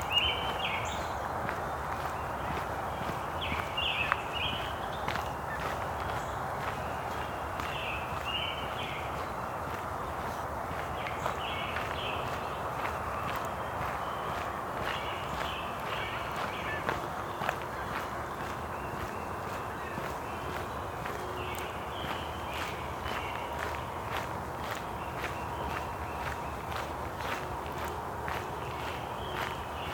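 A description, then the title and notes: A dawn chorus: bright bird calls recur every second or two, layered over a thick, steady murmur of many more voices and a low rumble underneath. Faint ticking clicks, like footsteps, run through the whole half minute at an even level. Dawn Chorus in Cootes Paradise. At sunrise in Cootes Paradise, the dawn chorus can overwhelm all the sounds of the city.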